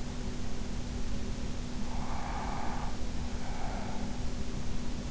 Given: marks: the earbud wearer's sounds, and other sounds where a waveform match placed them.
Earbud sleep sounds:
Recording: sounds in sleep by an in-ear microphone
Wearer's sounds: breath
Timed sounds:
1.86-4.27 s: breath

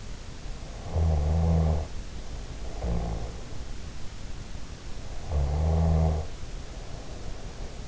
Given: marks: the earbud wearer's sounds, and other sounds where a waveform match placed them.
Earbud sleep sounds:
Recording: sounds in sleep by an in-ear microphone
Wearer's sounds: snoring breath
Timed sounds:
0.84-3.33 s: snoring breath
5.27-7.88 s: snoring breath

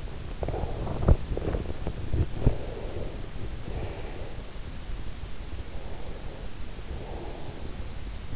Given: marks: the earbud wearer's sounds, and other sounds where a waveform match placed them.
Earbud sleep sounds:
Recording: sounds in sleep by an in-ear microphone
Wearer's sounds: breath, body movement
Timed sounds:
0.31-1.00 s: breath
1.57-2.65 s: body movement
2.71-4.48 s: breath
6.08-8.36 s: breath

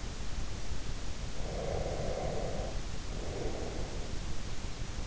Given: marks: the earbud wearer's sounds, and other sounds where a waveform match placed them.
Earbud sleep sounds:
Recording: sounds in sleep by an in-ear microphone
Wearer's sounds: breath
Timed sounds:
1.39-4.20 s: breath

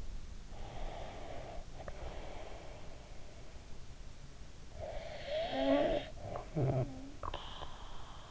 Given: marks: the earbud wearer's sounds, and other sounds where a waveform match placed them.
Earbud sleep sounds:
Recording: sounds in sleep by an in-ear microphone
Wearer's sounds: breath, snoring breath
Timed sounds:
0.31-3.34 s: breath
4.60-8.31 s: snoring breath

